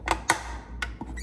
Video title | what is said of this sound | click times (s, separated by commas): How to Change the Keurig K-Cup Water Filter | we go so then just clicks in place there we go | 0.3 s, 0.8 s